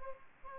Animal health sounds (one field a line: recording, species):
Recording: mosquito wingbeat signal from an infrared sensor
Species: Aedes albopictus